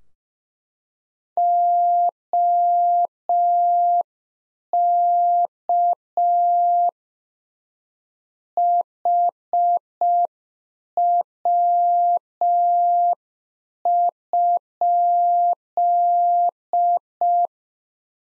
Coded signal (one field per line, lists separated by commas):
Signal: Morse code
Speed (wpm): 5 wpm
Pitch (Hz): 700 Hz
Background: none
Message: OK HW?